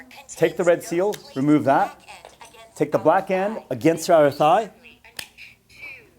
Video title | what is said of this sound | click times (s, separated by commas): How to use an Auvi-Q Epinephrine Auto-injector | till you hear it snap, and then we count off 2. | 5.2 s